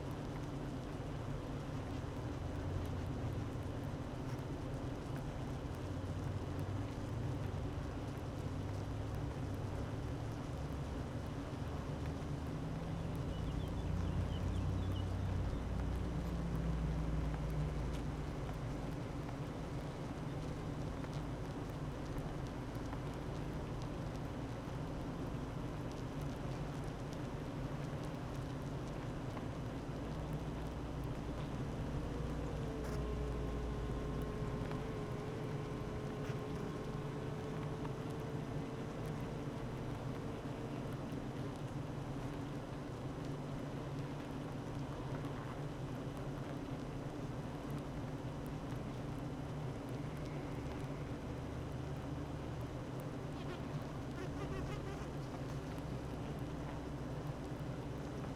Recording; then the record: honeybee colony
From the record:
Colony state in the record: active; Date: 12 June 2018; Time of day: 8:55